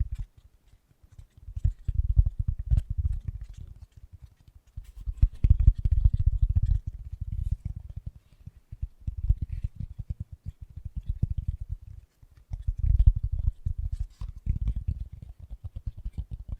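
Fast, gentle tapping comes in bursts of rapid, soft taps, each lasting a second or two, separated by brief pauses. The taps are dull and low, with occasional brighter clicks on top, and the pace stays quick and fairly even throughout.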